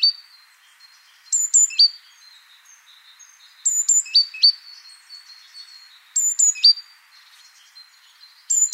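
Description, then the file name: Great tit calling with rapid groups of high, sharp notes in quick succession, about two bursts every five seconds, soft chatter between. "Parus major"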